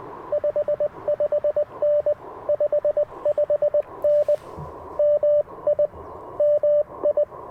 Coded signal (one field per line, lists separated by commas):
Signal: Morse code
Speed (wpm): 21 wpm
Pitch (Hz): 590 Hz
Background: radio noise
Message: 55N 55N MI MI